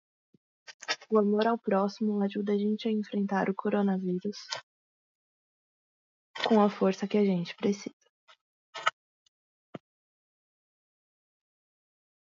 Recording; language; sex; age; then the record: spoken sentence; Brazilian Portuguese; female; 20 to 29 years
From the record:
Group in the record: control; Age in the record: 25 years